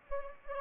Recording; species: mosquito wingbeat signal from an infrared sensor; Anopheles gambiae